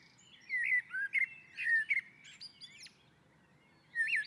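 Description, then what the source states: Common blackbird singing a run of mellow whistled notes, then squeaky twittering, a pause, and one more short fluty note. Singing on a roof.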